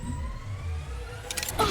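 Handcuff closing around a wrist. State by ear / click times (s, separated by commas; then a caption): seated / 1.3 s, 1.4 s, 1.5 s. A metal handcuff, chained between two ex-partners, is closed around a wrist over a steady low background hum. A quick run of sharp ratchet clicks sounds at 1.3, 1.4, 1.4 and 1.5 seconds as the cuff ratchets shut and locks, leaving both bound.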